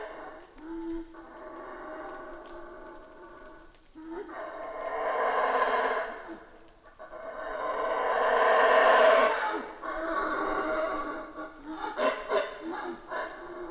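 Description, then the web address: Colombian red howler monkey howling in long, swelling roars that build and fade over several bouts, with a short lull near four seconds and rougher bursts at the end. Recorded in Guatemala. "bugio colombiano gravado na guatemala"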